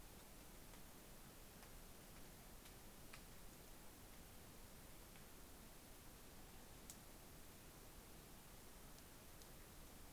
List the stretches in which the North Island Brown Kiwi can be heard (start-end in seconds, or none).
none